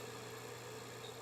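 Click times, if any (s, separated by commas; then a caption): none. A new replacement control button is handled at the air vent deflector knob in a 1973 car's dashboard, about to be pressed on. A steady low hum and broadband noise run through the clip with no sharp transients, and someone talks. Nothing has snapped into place yet.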